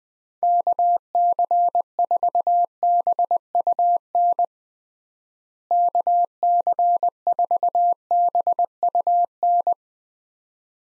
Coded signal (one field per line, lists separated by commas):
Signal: Morse code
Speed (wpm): 20 wpm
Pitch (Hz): 700 Hz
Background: none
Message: KC4BUN KC4BUN